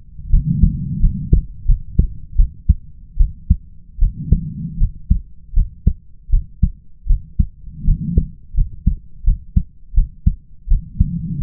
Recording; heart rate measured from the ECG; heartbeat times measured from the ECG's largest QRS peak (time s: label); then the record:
heart sounds by stethoscope; 81 bpm
0.30 s: heartbeat
1.00 s: heartbeat
1.66 s: heartbeat
2.36 s: heartbeat
3.18 s: heartbeat
3.99 s: heartbeat
4.78 s: heartbeat
5.54 s: heartbeat
6.30 s: heartbeat
7.07 s: heartbeat
7.85 s: heartbeat
8.55 s: heartbeat
9.24 s: heartbeat
9.94 s: heartbeat
10.68 s: heartbeat
11.41 s: heartbeat
From the record:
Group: healthy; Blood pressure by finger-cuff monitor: 101/56 mmHg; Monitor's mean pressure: 71 mmHg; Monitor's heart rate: 81 bpm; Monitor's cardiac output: 7.3 L/min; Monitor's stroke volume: 90 mL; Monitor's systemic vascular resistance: 700 dyn s/cm5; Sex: female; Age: 22 years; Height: 157 cm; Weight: 47.6 kg